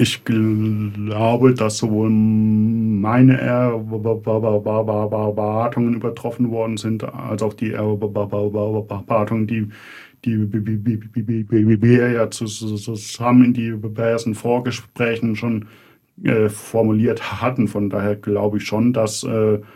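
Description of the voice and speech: An adult man who stutters speaks German at a low, steady pitch. His speech has part-word repetitions, prolonged sounds and silent blocks, with pauses breaking up the sentence. He has not yet managed to speak fluently.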